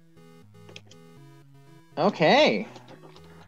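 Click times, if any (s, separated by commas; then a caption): 0.8 s. A small black plastic terminal cap is pushed down over two wire ends in a toy robot's battery wiring and snaps into place with a sharp click at 0.8 s, over steady background music. Someone talks briefly afterward, and the cap is seated, locking the wires in place.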